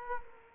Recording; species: mosquito wingbeat signal from an infrared sensor; Culex quinquefasciatus